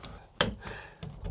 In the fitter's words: Locks in place. A perfect slide.